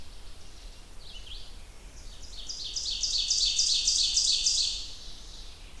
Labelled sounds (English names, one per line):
Ovenbird song